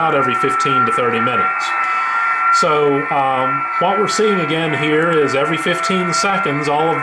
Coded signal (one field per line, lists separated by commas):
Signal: FT8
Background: speech